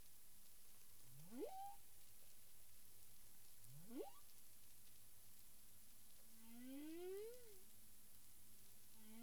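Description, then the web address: Humpback whale calls: two sharp rising upsweeps about two and a half seconds apart, then a longer rising-and-falling moan with harmonics, all over constant background hiss. Recorded 9 April 2002 at 18:42 UTC. "CARIMAM. humpback whale"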